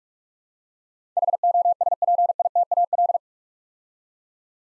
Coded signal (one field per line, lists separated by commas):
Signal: Morse code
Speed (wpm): 44 wpm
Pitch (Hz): 700 Hz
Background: none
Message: HOSPITAL